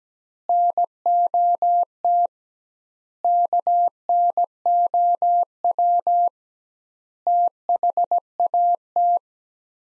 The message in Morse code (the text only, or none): NOT KNOW THAT